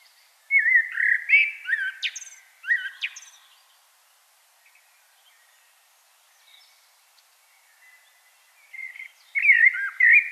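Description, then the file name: Common blackbird song: a fluty warbled phrase with squeaky high flourishes, several seconds of near silence, then a new mellow phrase near the end. "Turdus merula"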